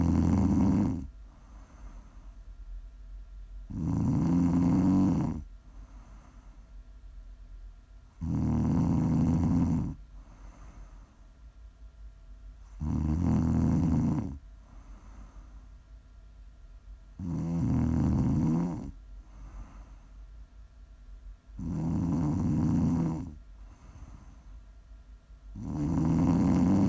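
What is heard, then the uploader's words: Loud, rasping snores come in a slow, regular rhythm, each lasting about two seconds and recurring roughly every four to five seconds. The snores are low and rumbling with a breathy top, while quieter breaths fill the gaps over a faint steady hum. Prime ASMR snoring.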